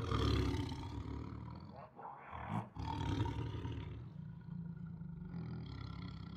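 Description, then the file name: Siberian tiger growling and roaring, a deep rumbling snarl that dips briefly near two seconds before resuming as a sustained low growl. Siberian tiger aggressively growling, roaring and snarling. "Siberian Tiger Aggressively Growls, Roars and Snarls 2 [Sound Ideas]"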